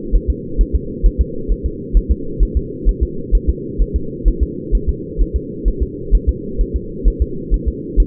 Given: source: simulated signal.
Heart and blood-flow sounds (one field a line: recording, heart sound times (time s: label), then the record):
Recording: fetal heart sounds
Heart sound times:
0.15 s: S1
0.30 s: S2
0.61 s: S1
0.75 s: S2
1.06 s: S1
1.21 s: S2
1.52 s: S1
1.66 s: S2
1.97 s: S1
2.11 s: S2
2.43 s: S1
2.57 s: S2
2.89 s: S1
3.03 s: S2
3.35 s: S1
3.50 s: S2
3.81 s: S1
3.96 s: S2
4.28 s: S1
4.43 s: S2
4.75 s: S1
4.89 s: S2
5.21 s: S1
5.36 s: S2
5.68 s: S1
5.83 s: S2
6.15 s: S1
6.29 s: S2
6.61 s: S1
6.76 s: S2
7.08 s: S1
7.22 s: S2
7.54 s: S1
7.68 s: S2
8.00 s: S1
From the record:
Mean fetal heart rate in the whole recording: 130 bpm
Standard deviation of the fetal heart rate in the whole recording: 2 bpm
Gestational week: 36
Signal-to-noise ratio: -4.3 dB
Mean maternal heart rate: 72 bpm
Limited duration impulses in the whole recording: absent